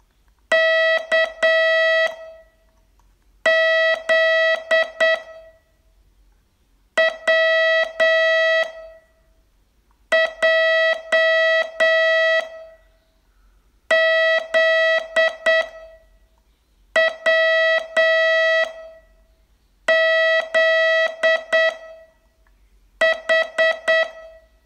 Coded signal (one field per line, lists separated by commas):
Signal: Morse code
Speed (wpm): 8 wpm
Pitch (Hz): 650 Hz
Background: none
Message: K Z W J Z W Z H